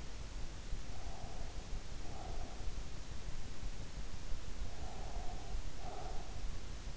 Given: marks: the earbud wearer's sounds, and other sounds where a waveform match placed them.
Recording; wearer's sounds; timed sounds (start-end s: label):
sounds in sleep by an in-ear microphone; breath
0.91-2.76 s: breath
4.74-6.59 s: breath